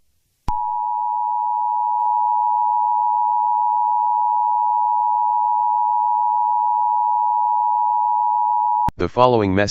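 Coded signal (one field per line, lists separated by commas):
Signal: Emergency Alert System (SAME) tones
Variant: 853 and 960 Hz attention tone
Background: speech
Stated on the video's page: Simulated alert in a fictional scenario about a terrorist biological weapon release.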